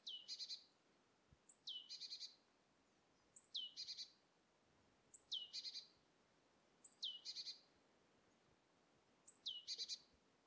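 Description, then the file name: Great tit calls, six times: each a thin high whistle swooping sharply downward, then a short buzzy churring rattle, repeated about every two seconds in quiet surroundings. "Parus major"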